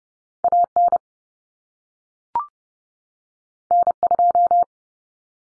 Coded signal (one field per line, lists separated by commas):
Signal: Morse code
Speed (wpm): 30 wpm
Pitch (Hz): 700 Hz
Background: none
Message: AN N2